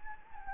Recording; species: mosquito wingbeat signal from an infrared sensor; Anopheles gambiae